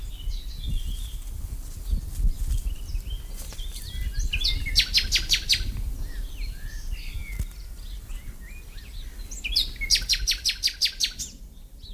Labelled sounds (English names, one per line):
Common Nightingale song